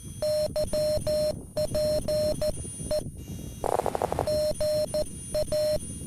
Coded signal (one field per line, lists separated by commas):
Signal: Morse code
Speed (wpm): 14 wpm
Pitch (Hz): 610 Hz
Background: radio noise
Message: YP E GA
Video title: (tr)uSDX CW POTA in San Angelo State Park - K-3053